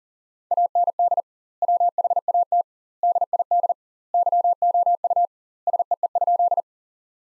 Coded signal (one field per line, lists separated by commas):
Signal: Morse code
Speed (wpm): 40 wpm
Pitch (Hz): 700 Hz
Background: none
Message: AND WHAT DID YOU SEE?